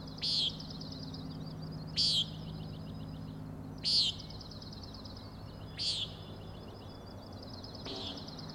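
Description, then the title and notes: Common nighthawk repeating its short nasal peent five times, roughly every two seconds, while a high pulsing trill continues behind. Three birds giving peenting calls; Overlook, Schoodic Head, Acadia National Park, Winter Harbor, Maine; 16 June 2017, 4am; flying in close formation, passing near the recordist. "Common Nighthawks, Schoodic Head 061617 4am. 3 common nighthawks making peenting calls and wings booms but also a rattling noise at the Overlook (410 ft) on Schoodic Head (435 feet) Schoodic division Acadia National Park Winter Harbor, ME"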